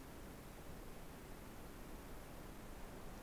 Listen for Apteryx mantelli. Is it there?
no